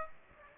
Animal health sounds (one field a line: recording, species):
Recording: mosquito wingbeat signal from an infrared sensor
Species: Aedes aegypti